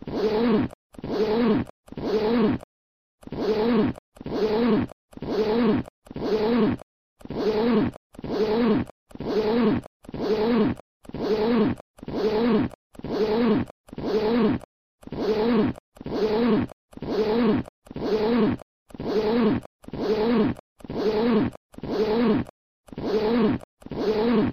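A bag's zipper is pulled back and forth over and over, each stroke a short rasping burst lasting under a second. The strokes come at a steady pace of about one per second with total silence between them and brief pauses around three and fourteen seconds.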